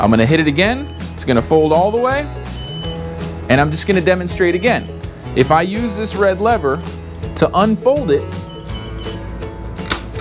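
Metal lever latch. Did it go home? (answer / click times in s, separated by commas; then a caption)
released / 9.9 s. Someone talks over background music while pulling the red folding lever on a folding mobility scooter frame, unhooking the metal latch from the folding motor mechanism. A sharp click at 9.9 s marks the latch releasing open.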